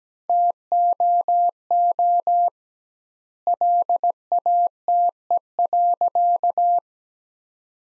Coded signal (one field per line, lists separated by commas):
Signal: Morse code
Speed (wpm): 17 wpm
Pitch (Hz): 700 Hz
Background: none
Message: TOO LATE.